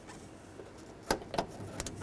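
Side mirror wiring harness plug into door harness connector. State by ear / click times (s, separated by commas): not seated / none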